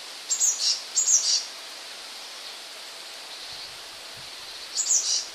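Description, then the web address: Eurasian blue tit song: short, very high phrases of thin notes falling into brief trills, two close together then one more, over constant hiss. "wroblowe kolekcja modraszka"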